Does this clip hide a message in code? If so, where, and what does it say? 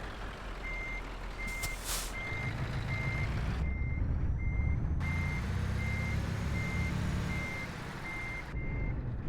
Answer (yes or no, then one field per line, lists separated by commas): no